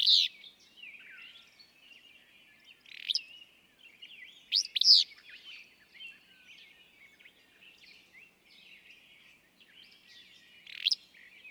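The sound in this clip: Willow flycatcher song, sharp sneezy two-part phrases with a buzzy ending, given at uneven intervals over a soft chatter of other birds.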